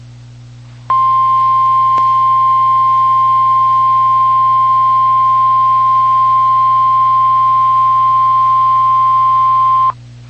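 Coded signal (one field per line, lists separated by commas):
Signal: Emergency Alert System (SAME) tones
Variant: 1050 Hz attention tone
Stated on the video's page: Valid EAS tones of a Severe Thunderstorm Warning.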